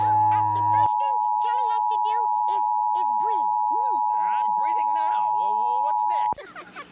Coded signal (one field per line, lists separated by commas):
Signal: Emergency Alert System (SAME) tones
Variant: 853 and 960 Hz attention tone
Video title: EAS YTP: Tom Fails To Do a Demo